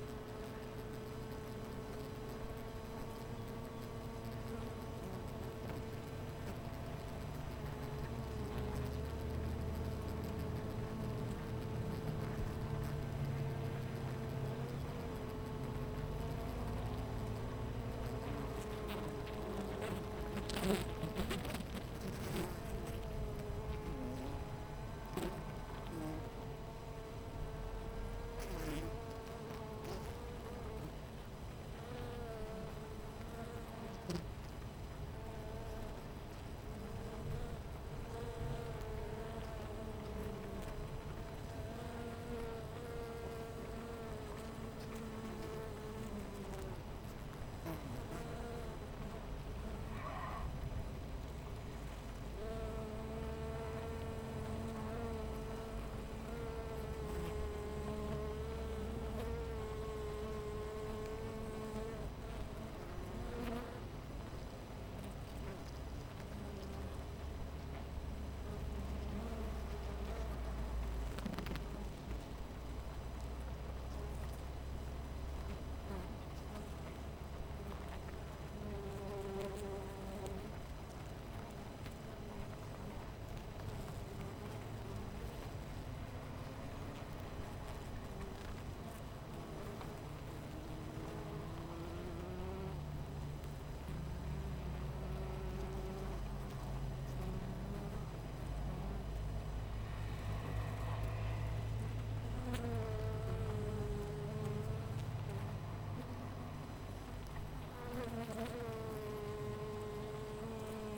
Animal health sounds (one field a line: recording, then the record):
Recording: honeybee colony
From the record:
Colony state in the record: missing queen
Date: 14 July 2017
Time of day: 10:37